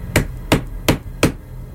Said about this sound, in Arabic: وبعدها خبط على الشباك.